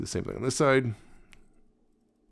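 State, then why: Seated. Someone talks while pushing a plastic tab into its notch on the second side of a transforming action figure, repeating the same step from the first side. A short, sharp click is heard at 1.3 s as the tab seats, followed by near silence.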